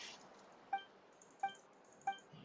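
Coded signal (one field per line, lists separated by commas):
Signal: none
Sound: game chime sound effect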